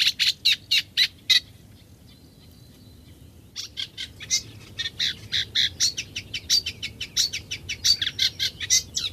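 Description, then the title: Eurasian reed warbler song: a short burst of rhythmic churring notes, a pause of about two seconds, then the chattering, repetitive phrases resume and continue steadily. Song described as chattily rhythmic, with even rough notes repeated two or three times, mixed with mimicry and whistles. "Viikon luontoääni: Rytikerttunen"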